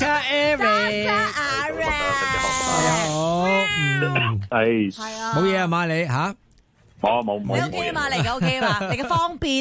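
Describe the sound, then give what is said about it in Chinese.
Loud, drawn-out cat meows with wavering, sliding pitch come one after another, mixed with voice-like sounds, pausing briefly before a final burst. “做隻喵，做隻狗，呼呼，不做坏主人。”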